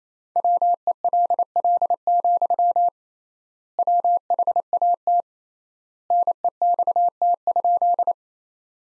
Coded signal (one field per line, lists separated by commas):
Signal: Morse code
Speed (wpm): 28 wpm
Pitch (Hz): 700 Hz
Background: none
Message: WELL, WHAT NEXT?